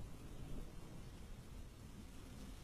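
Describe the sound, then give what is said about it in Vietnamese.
Rain begins to fall outdoors in a steady, even hiss, dense and unbroken for a few seconds, with a soft low rumble beneath it and no voices. “Ngoài trời cũng bất giác đổ cơn mưa.”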